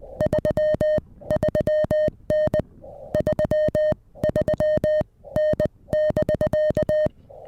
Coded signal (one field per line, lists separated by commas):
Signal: Morse code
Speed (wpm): 20 wpm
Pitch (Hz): 610 Hz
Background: music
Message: 33N 33N <BK>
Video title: POTA QRP: Let's pair the Venus SW-3B and "Oreo" 30M Balun/End-Fed Half-Wave!